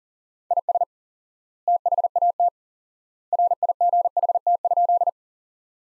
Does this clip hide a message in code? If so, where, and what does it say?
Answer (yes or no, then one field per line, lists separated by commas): yes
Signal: Morse code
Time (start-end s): 0.5-5.1 s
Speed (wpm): 37 wpm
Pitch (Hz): 700 Hz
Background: none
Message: IS THAT RIGHT?